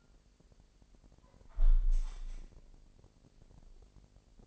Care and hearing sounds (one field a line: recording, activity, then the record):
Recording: daily activity, microphone in the room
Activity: close window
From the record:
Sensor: 5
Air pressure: 1000.5 hPa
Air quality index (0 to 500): 249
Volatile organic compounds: 35 ppm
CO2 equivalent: 3068 ppm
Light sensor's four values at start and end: 34/78/31/29 and 34/78/31/29